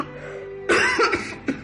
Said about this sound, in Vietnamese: Nghe hắn ta gọi tên mình, cậu có một chút giật mình, ấp úng hồi lâu bằng chiếc giọng khàn khàn giữa cái cơn ho sù sụ.